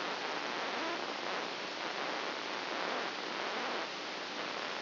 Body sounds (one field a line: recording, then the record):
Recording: brain microelectrode recording played as sound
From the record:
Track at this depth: inside the subthalamic nucleus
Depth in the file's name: 3.004 mm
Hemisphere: right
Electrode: 2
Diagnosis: Parkinson's disease